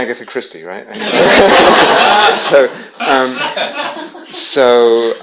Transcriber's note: laughter